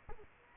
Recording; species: mosquito wingbeat signal from an infrared sensor; Culex quinquefasciatus